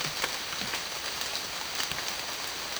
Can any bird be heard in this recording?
no